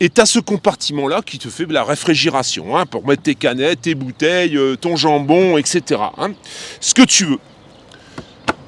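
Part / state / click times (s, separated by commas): lid latch on a portable fridge/freezer / seated / 8.5 s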